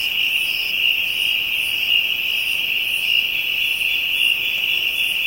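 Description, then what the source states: Insect chorus: steady high buzzing drone beneath a higher pulsing trill. African insects, ambient soundscape.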